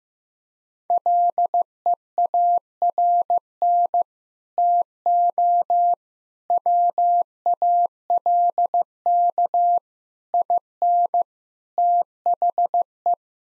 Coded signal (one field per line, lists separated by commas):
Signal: Morse code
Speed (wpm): 15 wpm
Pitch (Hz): 700 Hz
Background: none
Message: LEARN TO WALK IN THE